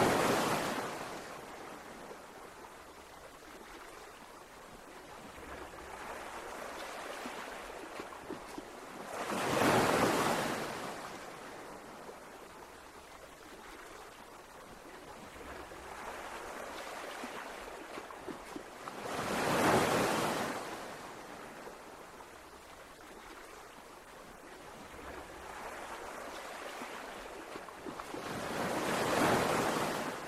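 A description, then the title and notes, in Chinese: Ocean waves roll in at a slow, regular pace, with a loud crash roughly every ten seconds, near 10, 20 and 30 seconds. Between the breakers, a softer steady wash of surf and receding water fills the gaps, fairly bright. 海浪聲。流水。溪水。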